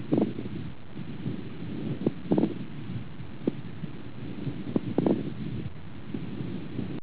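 Over a low, steady rumble, brief sharp clicks and short crackling bursts recur about every two and a half seconds, unevenly spaced. The pattern is fine crackles (fine rales): short popping sounds from small airways opening, often heard in fluid or fibrosis.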